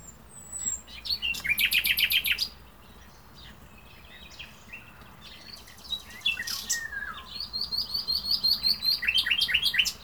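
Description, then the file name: Common nightingale song: short phrases of rapid repeated notes and buzzy trills, a pause, a thin descending whistle, then a fast rattling series to the end. "Luscinia megarhynchos"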